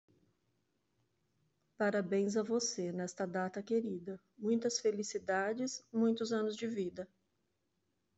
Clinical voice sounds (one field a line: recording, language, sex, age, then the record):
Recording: short text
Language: Brazilian Portuguese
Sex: female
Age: 50 to 59 years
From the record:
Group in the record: control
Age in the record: 50 years